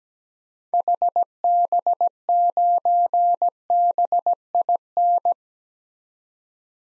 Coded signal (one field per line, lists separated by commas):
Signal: Morse code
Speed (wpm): 17 wpm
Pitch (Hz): 700 Hz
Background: none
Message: HB9BIN